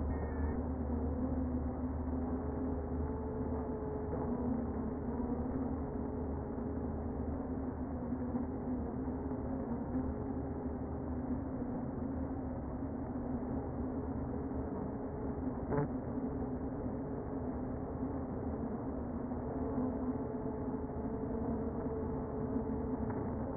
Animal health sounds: honeybee colony, microphone inside the hive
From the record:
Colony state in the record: queen present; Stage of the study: before two queens were removed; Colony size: about 60,000 bees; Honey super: yes

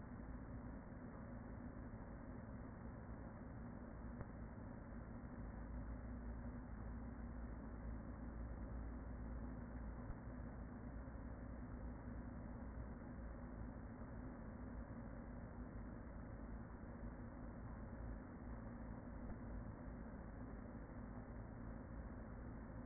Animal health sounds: honeybee colony, microphone inside the hive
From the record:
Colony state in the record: queen present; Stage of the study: after two queens were removed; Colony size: about 40,000 bees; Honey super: no

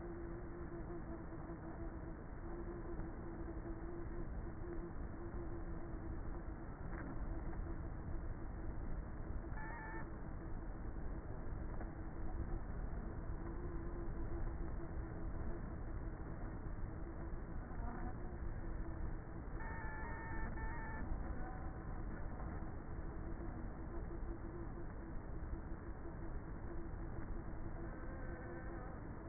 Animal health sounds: honeybee colony, microphone inside the hive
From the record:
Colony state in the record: queenless with a low population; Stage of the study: before two queens were removed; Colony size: about 30,000 bees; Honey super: no

